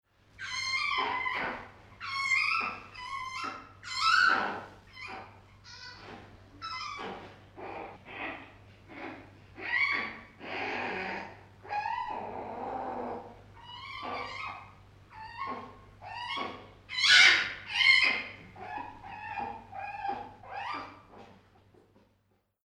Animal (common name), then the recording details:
Brown Bear. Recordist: Tembrock, Günter. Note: Lautfolgen von Jungtieren